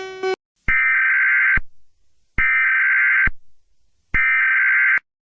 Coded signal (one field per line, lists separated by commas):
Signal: Emergency Alert System (SAME) tones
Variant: header bursts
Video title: OLD VIDEOS ARCHIVE #3: Rating EAS alarms by how scary they are! HEADPHONE VOLUME WARNING!